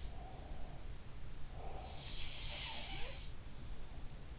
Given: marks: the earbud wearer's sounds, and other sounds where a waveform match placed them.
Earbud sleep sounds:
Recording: sounds in sleep by an in-ear microphone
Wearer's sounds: breath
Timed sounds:
0.11-2.07 s: breath
1.63-3.31 s: sound from someone else or the room

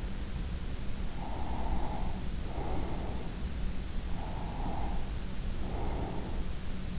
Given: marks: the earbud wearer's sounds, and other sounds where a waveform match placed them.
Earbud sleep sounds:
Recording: sounds in sleep by an in-ear microphone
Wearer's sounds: breath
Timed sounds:
1.12-3.40 s: breath
4.13-6.50 s: breath

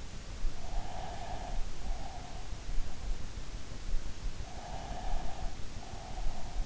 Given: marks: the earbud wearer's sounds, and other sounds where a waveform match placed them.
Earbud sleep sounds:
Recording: sounds in sleep by an in-ear microphone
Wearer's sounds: breath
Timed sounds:
0.52-2.72 s: breath
4.47-6.66 s: breath

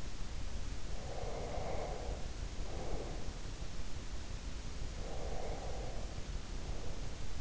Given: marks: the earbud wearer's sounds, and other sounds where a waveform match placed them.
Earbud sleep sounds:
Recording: sounds in sleep by an in-ear microphone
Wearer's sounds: breath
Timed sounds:
0.96-3.47 s: breath
4.90-7.41 s: breath

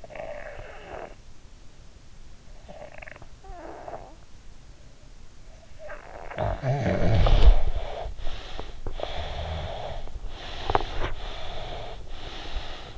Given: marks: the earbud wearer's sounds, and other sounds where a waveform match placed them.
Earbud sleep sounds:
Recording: sounds in sleep by an in-ear microphone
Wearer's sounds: breath, snoring breath, teeth grinding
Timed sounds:
0.00-1.29 s: breath
2.55-4.13 s: breath
5.81-8.75 s: snoring breath
8.88-11.38 s: teeth grinding
8.88-11.11 s: breath
11.18-12.98 s: breath

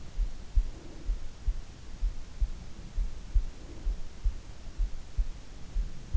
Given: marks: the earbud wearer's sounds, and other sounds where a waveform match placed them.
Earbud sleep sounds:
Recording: sounds in sleep by an in-ear microphone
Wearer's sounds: breath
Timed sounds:
0.44-1.38 s: breath
3.36-4.20 s: breath

